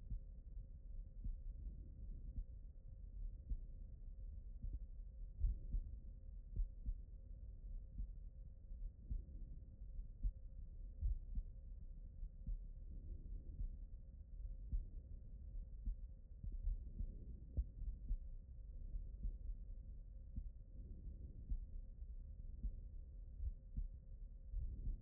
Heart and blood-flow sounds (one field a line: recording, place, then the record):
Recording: heart sounds by stethoscope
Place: aortic valve (AV)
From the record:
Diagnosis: non-HFrEF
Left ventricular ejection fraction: 67%